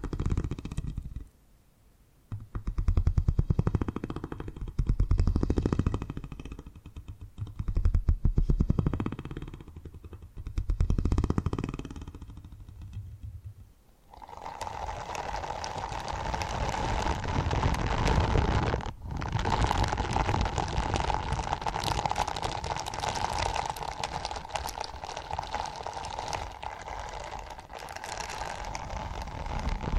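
Soft, rhythmic purring swells in low, rumbling pulses for the first fourteen seconds, with short pauses between bursts. Then it switches to a steady, dense hiss with a faint humming tone running through it, broken only by a brief dropout near nineteen seconds.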